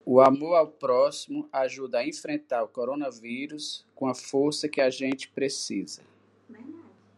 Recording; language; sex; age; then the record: spoken sentence; Brazilian Portuguese; male; 50 to 59 years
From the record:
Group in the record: control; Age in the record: 53 years